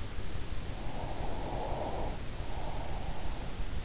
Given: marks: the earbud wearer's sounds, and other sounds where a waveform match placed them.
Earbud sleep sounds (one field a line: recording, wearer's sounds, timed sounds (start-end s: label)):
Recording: sounds in sleep by an in-ear microphone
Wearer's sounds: breath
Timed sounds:
0.74-3.52 s: breath